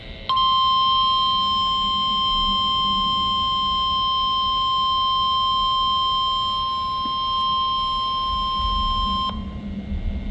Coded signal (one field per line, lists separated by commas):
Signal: Emergency Alert System (SAME) tones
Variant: 1050 Hz attention tone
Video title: Weekly Tests and Monthly of May 2026 (New EAS 1,028-1,035)